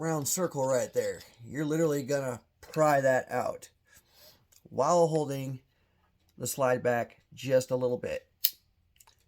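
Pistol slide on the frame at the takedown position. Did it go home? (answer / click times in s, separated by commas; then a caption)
yes / 8.5 s. A person talks while the slide of a Ruger LCP II, a small pistol, is held slightly rearward on the frame. At 8.4 s a sharp click is heard as the slide seats in the takedown position, where the round takedown pin can be removed. Faint small ticks follow near the end.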